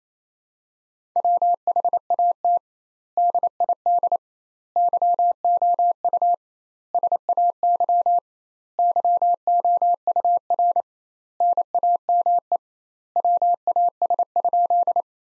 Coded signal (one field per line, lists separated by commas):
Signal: Morse code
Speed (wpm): 27 wpm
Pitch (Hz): 700 Hz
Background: none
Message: WHAT DID YOU SAY YOUR NAME WAS?